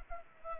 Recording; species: mosquito wingbeat signal from an infrared sensor; Culex pipiens